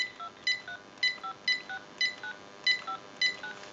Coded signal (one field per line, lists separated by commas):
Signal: DTMF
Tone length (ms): 100 ms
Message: 2356959